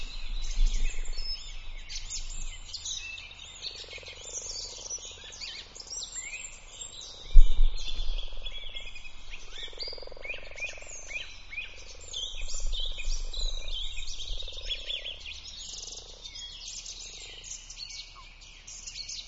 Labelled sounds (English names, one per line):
Common Frog call